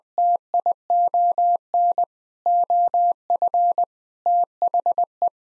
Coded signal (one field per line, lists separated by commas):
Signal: Morse code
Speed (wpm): 21 wpm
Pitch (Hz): 700 Hz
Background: none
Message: TION OF THE